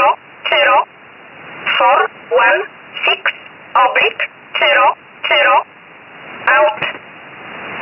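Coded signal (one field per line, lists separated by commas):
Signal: numbers station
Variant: E11 Oblique, English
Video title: 13 05 2019 E11 Oblique Numbers station in English 0450 on 7469 unknown tx site in USB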